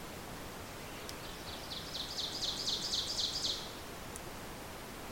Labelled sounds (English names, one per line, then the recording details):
Ovenbird song
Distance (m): 40 m
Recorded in boreal forest in Alberta, Canada, on 26 May 2016 at 07:47
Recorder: SongMeter 3, array SBT-3-15
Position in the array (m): 53 m, 221 m
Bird 20